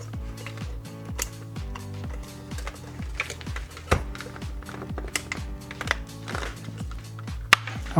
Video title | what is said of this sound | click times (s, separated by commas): Cum Poti Sa Ai o Camera de Bord Integrata OEM | Am făcut click în ambele părți. | 5.9 s, 7.5 s